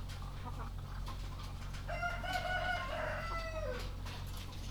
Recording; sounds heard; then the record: poultry house recording; sick chickens (respiratory disease)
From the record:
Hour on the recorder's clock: 0